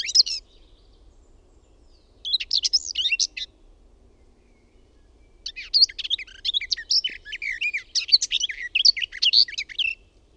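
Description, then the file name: Garden warbler song: short warbled bursts followed by a long, flowing phrase of fast, varied chattering notes over faint background noise. "LEHTOKERTTU"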